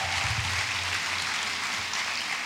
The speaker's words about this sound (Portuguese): Uma salva de palmas para a nossa vencedora.